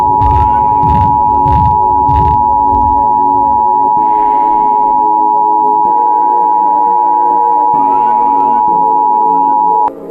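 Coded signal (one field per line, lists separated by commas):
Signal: Emergency Alert System (SAME) tones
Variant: 853 and 960 Hz attention tone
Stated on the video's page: Fictional EAS scenario for entertainment, possibly containing valid EAS tones.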